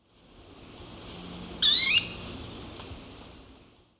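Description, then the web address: Jet manakin call: one brief, slightly warbling burst near the middle, with a constant thin high drone running throughout. Ecuador. "Birds of Ecuador. Jet Manakin"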